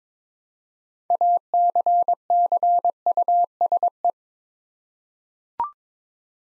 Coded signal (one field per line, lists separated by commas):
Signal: Morse code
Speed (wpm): 22 wpm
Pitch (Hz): 700 Hz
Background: none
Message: ACCUSE